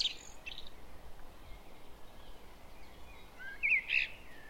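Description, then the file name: Common blackbird calls: brief sharp high notes near the start and a tighter burst of chipping notes toward the end, against constant background noise. "Turdus merula"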